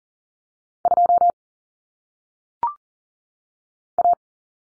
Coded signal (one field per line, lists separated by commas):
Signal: Morse code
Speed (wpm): 40 wpm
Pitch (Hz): 700 Hz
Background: none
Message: 2 A